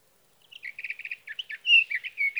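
Sage thrasher song: a burst of rapid repeated chips, then varied warbling phrases and a bright, loud whistled note.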